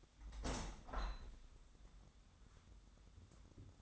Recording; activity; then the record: daily activity, microphone in the room; open window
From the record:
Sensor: 3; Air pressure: 1006.6 hPa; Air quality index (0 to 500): 208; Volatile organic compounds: 19 ppm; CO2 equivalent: 2654 ppm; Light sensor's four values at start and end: 10/24/10/10 and 11/25/10/10